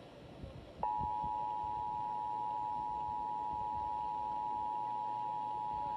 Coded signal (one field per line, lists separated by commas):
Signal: Emergency Alert System (SAME) tones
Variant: 853 and 960 Hz attention tone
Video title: TOP 10 EAS's of 2018